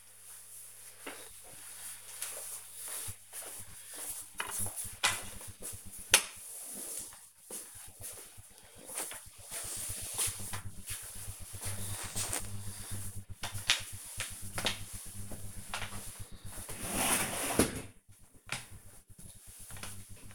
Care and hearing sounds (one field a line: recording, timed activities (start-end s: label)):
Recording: household activities, microphone on the right wrist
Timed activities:
4.57-20.35 s: floor cleaning